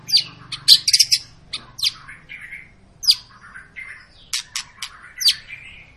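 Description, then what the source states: White-rumped shama song: sharp high downslurred notes and chirps with scratchy low warbles between, phrases spaced by short pauses. Long lure song of an actively singing (gacor) bird, used to make birds sing.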